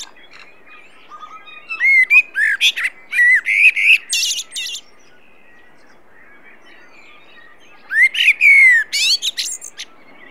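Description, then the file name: Common blackbird singing a long fluting warble that breaks into shrill, scratchy twitters, then a shorter whistled phrase with a high chattering finish after a pause. "Turdus merula"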